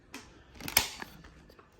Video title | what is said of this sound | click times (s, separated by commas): Ryobi 18v stick vacuum basic maintenance | Hook it on and simply lift it up, and it should click in place. | 0.8 s